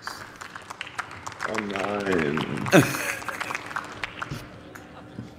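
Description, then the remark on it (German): Sparse, scattered clapping in the German Bundestag as SPD member Helge Lind is announced as the next speaker, a few isolated claps spread unevenly across the moment while a voice speaks briefly over them. “Sparsamer Applaus.”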